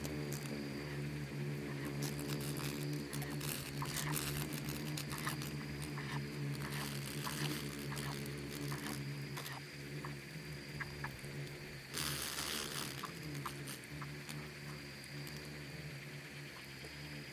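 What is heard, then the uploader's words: Insects swarm in the Namib desert, a steady low drone of wings layered with buzzing tones. Quick ticks and brief rustling bursts cut through often, with a louder, bright rush around twelve seconds. The dense hum never lets up. Insects swarming in the Namib desert. Bugs and beetles swarming.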